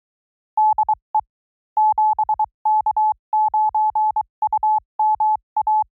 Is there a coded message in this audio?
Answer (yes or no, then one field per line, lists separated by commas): yes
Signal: Morse code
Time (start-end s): 0.6-5.8 s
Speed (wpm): 23 wpm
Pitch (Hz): 840 Hz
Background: none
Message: DE 7K9UMA